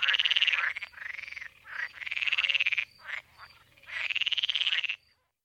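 Pool frog calls, three loud pulsed rattling bursts with arching tone, shorter croaks in between, ending in silence.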